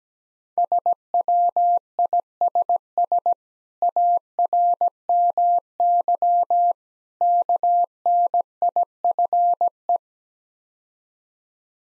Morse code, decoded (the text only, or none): SWISS ARMY KNIFE